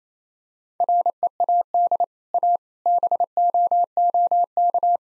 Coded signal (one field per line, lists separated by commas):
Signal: Morse code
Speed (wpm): 28 wpm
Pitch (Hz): 700 Hz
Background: none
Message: READ A BOOK